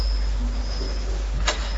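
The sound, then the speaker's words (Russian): A cricket trills in a steady, thin high-pitched tone over a low rumbling background, broken briefly near the end by a short burst of noise. “Сверчок кричит.”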